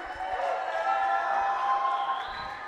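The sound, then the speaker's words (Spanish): A crowd at the Festival del Son applauds and cheers for a band after its performance, a dense wash of clapping with shouts and whoops rising over it, keeping an even loudness for the few seconds without a break. “Bueno, pues otro aplauso fuerte a …, por favor.”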